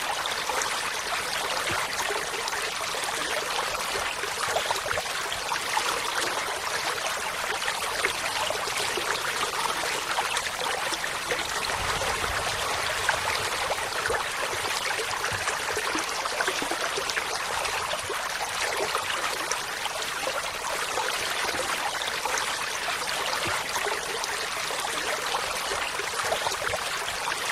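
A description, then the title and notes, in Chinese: A small stream runs steadily past, its water a dense, bright rushing hiss with quick trickling detail throughout. The level barely changes over the half minute. A faint low rumble swells briefly around the twelve-second mark beneath the flowing water. 小河,溪水。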